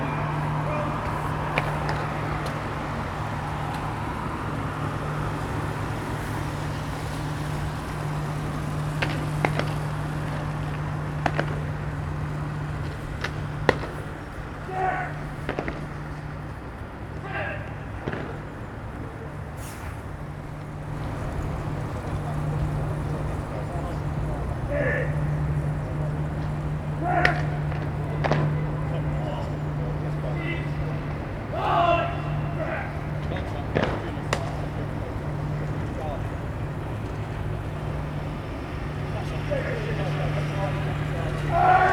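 Military drill practice on a damp parade ground: scattered shouts and sharp clicks over a steady low engine-like hum running throughout.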